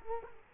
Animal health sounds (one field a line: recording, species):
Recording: mosquito wingbeat signal from an infrared sensor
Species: Culex quinquefasciatus